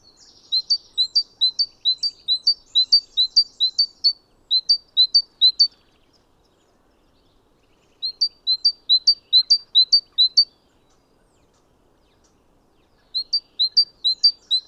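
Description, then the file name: Great tit song: bright two-note phrases, a lower note then a higher one, repeated in three bursts separated by pauses, on a quiet background. "Parus major"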